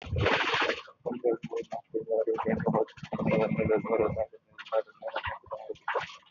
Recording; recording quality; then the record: counting at a fast pace; moderate, slight background noise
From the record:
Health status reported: healthy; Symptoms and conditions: none ticked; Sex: male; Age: 29 years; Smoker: not ticked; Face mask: worn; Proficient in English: yes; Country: India